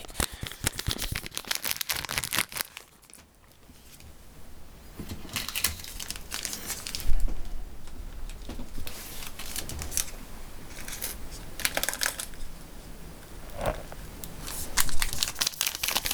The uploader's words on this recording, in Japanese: 食べ物を食べる音。ファンのプレゼントお菓子。